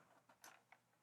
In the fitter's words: they lock into place nice and tight